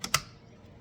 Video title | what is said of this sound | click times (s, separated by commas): 23.5+ Road Glide inner fairing speaker grills installation video | over the top of the clip, not anywhere else, just over the top till you hear an audible click, and there you go. | 0.0 s, 0.2 s